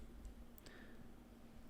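A steel watch case is slowly lowered over a watch movement with its dial until it clicks into place, with sharp clicks at 0.6 s and 0.7 s. A faint soft tap comes just before them, over a low steady background hum. The movement is seated in the case.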